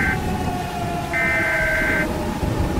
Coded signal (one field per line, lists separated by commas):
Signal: Emergency Alert System (SAME) tones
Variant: header bursts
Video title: KC Presents - EAS Scenario #7: Three Mile Island - An Alternate Finale